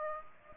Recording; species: mosquito wingbeat signal from an infrared sensor; Aedes aegypti